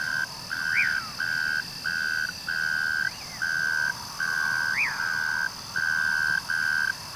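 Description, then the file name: Cricket trilling in even bursts separated by short pauses, with occasional quick up-and-down whistled sweeps over a continuous high-pitched insect background. "Unknown Cricket VOL 11-09 Dudley T Dougherty Natural Sounds Collection"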